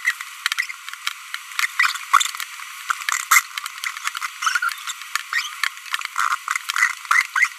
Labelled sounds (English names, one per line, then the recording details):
Green-rumped Parrotlet babbling
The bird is a female
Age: 23 days
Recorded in a nest box in Venezuela
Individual 17B42B2